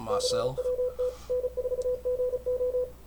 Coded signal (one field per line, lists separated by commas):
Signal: Morse code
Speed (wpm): 33 wpm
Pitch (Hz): 500 Hz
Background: speech, radio noise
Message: CWT N4GO